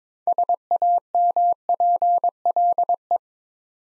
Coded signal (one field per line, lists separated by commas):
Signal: Morse code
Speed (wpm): 22 wpm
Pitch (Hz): 700 Hz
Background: none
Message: SAMPLE